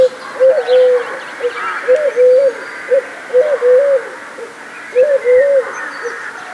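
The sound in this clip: Collared dove song: repeated coos, a short coo then a longer stressed one, phrased about every one to two seconds, faint chirps in the background.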